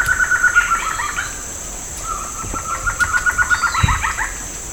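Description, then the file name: Bird with bursts of short chirps near one pitch, repeated several times a second, with a steady high hiss throughout. "SABIOD 50 bird 2015"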